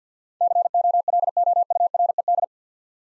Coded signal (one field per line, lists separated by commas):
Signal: Morse code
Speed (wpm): 50 wpm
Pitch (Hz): 700 Hz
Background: none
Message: COLOURED